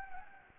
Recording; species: mosquito wingbeat signal from an infrared sensor; Anopheles gambiae